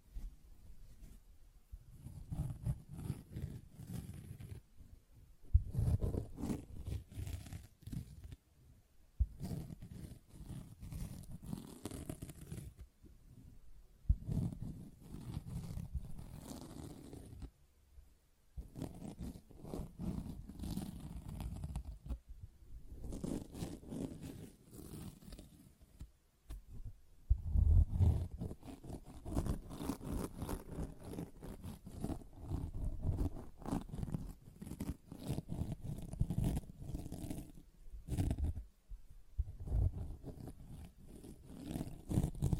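A sponge is scratched and squished in long, rough bursts of rasping, mostly low and dull with some brighter scraping. The strokes run a few seconds each, separated by brief silences, with a sharper, louder stretch around the middle.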